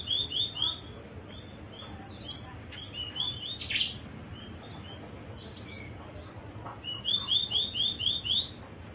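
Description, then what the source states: Bird singing quick chirped runs at the start and end. Scattered sharper notes and twitters fill the middle, against a low background hiss. Labelled masteran.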